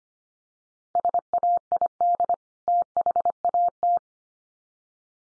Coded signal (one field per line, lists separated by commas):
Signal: Morse code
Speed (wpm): 25 wpm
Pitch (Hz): 700 Hz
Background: none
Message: SAID THAT